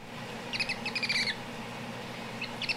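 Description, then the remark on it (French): A monkey gives a series of quick, high-pitched chattering calls in two bursts, the first longer, over a steady low hum from an air conditioner. No one speaks. “Oui, c'est clairement un singe.”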